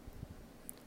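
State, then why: Seated. With its collar pulled back, a luer connector is pushed onto a fitting on an extracorporeal circuit tubing connector until it engages the groove. A sharp, short click sounds at 0.7 s over a faint low background, and the connector is seated.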